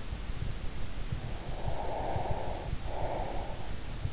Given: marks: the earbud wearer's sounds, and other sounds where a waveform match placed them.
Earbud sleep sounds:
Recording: sounds in sleep by an in-ear microphone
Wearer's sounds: breath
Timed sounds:
1.49-3.80 s: breath

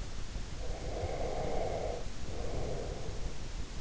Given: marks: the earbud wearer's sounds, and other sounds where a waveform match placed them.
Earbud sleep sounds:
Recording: sounds in sleep by an in-ear microphone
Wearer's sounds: breath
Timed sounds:
0.64-3.35 s: breath

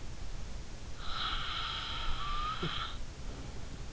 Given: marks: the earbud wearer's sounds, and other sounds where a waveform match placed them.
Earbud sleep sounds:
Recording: sounds in sleep by an in-ear microphone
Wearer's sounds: snoring breath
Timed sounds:
1.01-3.64 s: snoring breath

